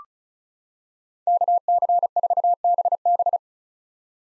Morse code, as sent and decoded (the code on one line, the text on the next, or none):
-.- -.-. ....- -... -...
KC4BB